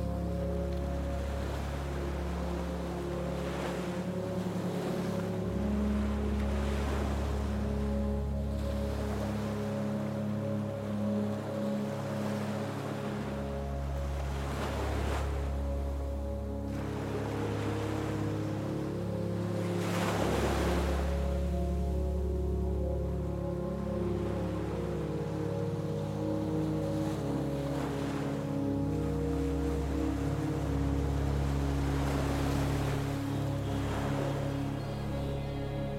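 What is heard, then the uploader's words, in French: Soft music with held low notes and sustained tones runs beneath the soothing sound of waves. Surges of wash rise and fall every few seconds, with stronger swells near 15 and 20 seconds, while the level stays even throughout. Plongez dans un sommeil profond et réparateur avec l'harmonie de notre douce musique et du son apaisant des vagues.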